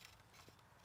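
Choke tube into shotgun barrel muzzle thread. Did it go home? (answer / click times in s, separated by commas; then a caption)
no / none. A choke tube is placed into the muzzle thread of a Caesar Guerini Summit Ascent Allsport shotgun barrel without being screwed in, then wound backwards to bring the thread into alignment. Only quiet handling noise is heard, with a faint brief tick near 0.1 s. Nothing has clicked or seated yet.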